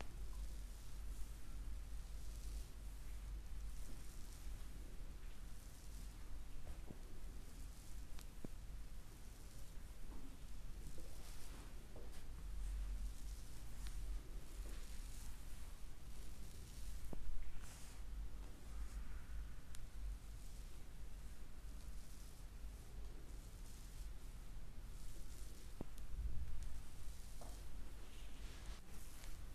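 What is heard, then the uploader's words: Massage of the neck, back and scalp: steady soft rubbing and rustling under a low hum, with brief brushing swells near 17 and 26 seconds. ASMR female neck, back, head and scalp massage for deep sleep.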